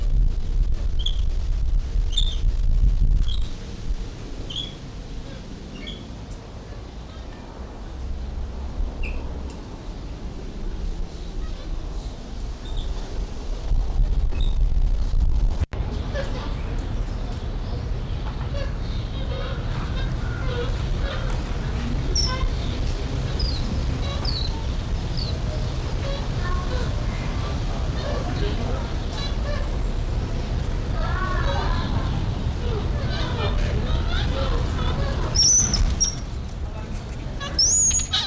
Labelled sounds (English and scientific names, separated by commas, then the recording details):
Weeper Capuchin (Cebus olivaceus)
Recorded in captivity
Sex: male
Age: adult
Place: Zoo Berlin, Berlin, DE
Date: 1994-06-25 10:21
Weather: sonnig, 18-25°C, Wind
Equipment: Marantz CP 430, Sennheiser ME 80, Kopie Uher Variocord 263
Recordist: Tembrock, Günter
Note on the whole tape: Gruppe: Kurzlaute, helle Laute agonistisch, variable Sequenzen! (Männchen) - längere Stücke